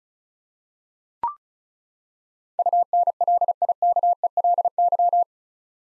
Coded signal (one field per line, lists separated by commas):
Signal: Morse code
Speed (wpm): 36 wpm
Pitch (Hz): 700 Hz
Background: none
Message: UNLIKELY